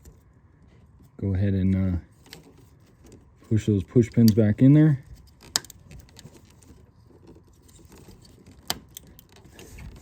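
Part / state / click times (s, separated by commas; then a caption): plastic push pin clip into metal bracket hole / seated / 5.6 s, 8.7 s. On a 2012–18 Ford Focus during an O2 sensor replacement, two plastic push pins holding the connector are pressed into holes in a silver metal bracket while someone talks. Each pin gives a sharp snap, at 5.6 s and 8.7 s. Both pins are seated and the connector is held tight.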